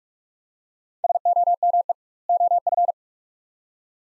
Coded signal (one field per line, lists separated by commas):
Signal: Morse code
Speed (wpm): 45 wpm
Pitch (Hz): 700 Hz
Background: none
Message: SOME OF